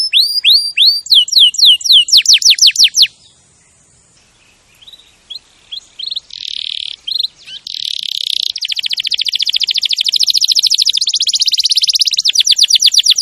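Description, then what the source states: Canary singing fast falling whistles, a quiet gap around four seconds, then a harsh buzzy trill building into rapid repeated chips. Champion canary song, used as a master recording for training other canaries to sing.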